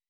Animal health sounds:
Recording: hydrophone in a shrimp aquaculture tank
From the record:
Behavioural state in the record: weakened

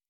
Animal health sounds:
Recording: hydrophone in a shrimp aquaculture tank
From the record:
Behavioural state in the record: normal

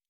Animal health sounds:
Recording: hydrophone in a shrimp aquaculture tank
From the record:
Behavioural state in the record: normal

